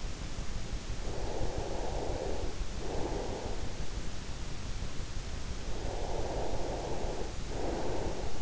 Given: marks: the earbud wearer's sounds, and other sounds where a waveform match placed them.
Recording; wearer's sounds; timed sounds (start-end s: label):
sounds in sleep by an in-ear microphone; breath
1.01-3.67 s: breath
5.76-8.42 s: breath